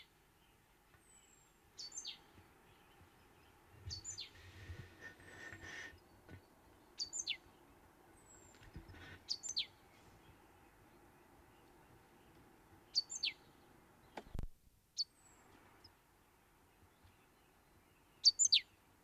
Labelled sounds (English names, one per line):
Great Tit